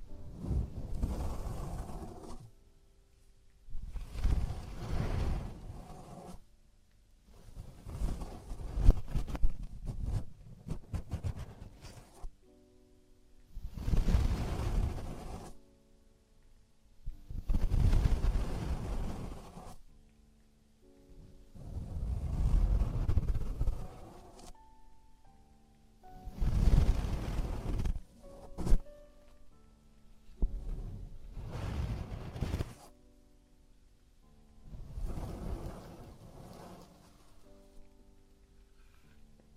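Traditional Chinese ear cleaning and earwax removal: bursts of rough scraping and rustling come in short strokes of one to two seconds, about every three to four seconds. Each stroke carries a low rumble with a scratchy top, separated by near-silent pauses.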